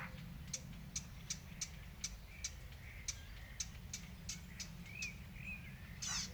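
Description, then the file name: Eurasian blackcap repeating sharp tack clicks at a steady pace, with soft whistles of other birds and low background rumble. "Sylvia atricapilla"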